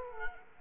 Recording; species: mosquito wingbeat signal from an infrared sensor; Culex quinquefasciatus